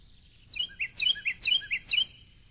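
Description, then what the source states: Carolina Wren singing a rolling, repeated phrase, a bright downward slur followed by lower notes, given four times in quick, even rhythm. Small bird with a very big voice; song very repetitive and rhythmical.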